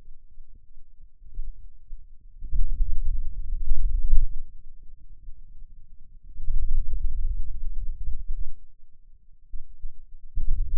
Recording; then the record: forearm muscle sounds (acoustic myography)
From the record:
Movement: wrist extension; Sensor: system 2, bracelet of six BSWA MPA416 microphones around the upper forearm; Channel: 1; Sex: male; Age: 22 years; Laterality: right